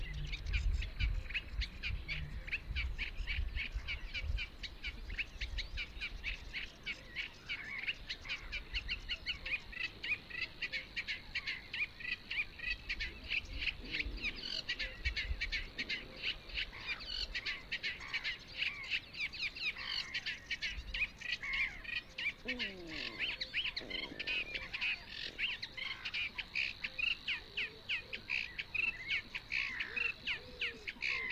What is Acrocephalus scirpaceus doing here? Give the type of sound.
song